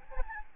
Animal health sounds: mosquito wingbeat signal from an infrared sensor; Aedes albopictus

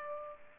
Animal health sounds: mosquito wingbeat signal from an infrared sensor; Aedes aegypti

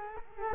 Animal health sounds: mosquito wingbeat signal from an infrared sensor; Culex quinquefasciatus

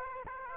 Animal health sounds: mosquito wingbeat signal from an infrared sensor; Aedes aegypti

